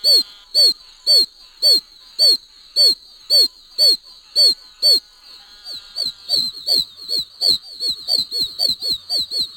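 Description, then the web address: Oak toad calls, high chick-like peeps repeated about twice a second, then a second, faster series starting after the first stops midway. "frog-calls Oak"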